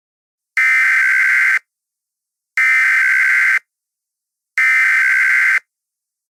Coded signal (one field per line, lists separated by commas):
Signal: Emergency Alert System (SAME) tones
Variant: header bursts